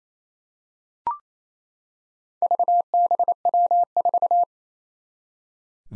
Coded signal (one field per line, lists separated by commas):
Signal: Morse code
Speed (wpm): 28 wpm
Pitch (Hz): 700 Hz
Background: none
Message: VBW4